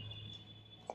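A thin card slid under the corner of a key cap on a butterfly keyboard of an Apple MacBook Pro (2016–2018) levers it until the plastic clips let go. Over a steady low hum and a faint high tone, a short sharp click sounds at 0.9 s as the key cap pops off and comes free.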